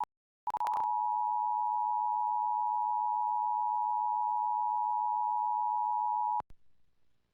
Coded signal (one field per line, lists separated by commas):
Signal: Emergency Alert System (SAME) tones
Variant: 853 and 960 Hz attention tone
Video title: EAS: Pennsylvania Required Monthly Tests (7/18/19)(EAS #146-150)